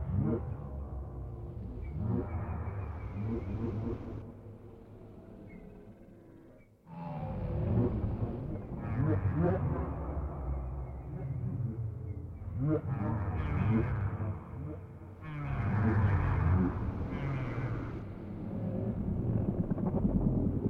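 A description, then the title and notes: Whale sounds fill the recording, a dense low rumbling bed with rising and falling moans and groans layered on top. The calls swell and fade in waves, with a brief near-silent gap around seven seconds before the sound surges back, louder near the end. WHALE SOUNDS, WHITE NOISES. WHALE SOUNDS WITHOUT MUSIC.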